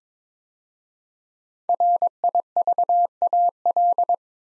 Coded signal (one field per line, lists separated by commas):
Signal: Morse code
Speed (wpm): 22 wpm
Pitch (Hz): 700 Hz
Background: none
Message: RIVAL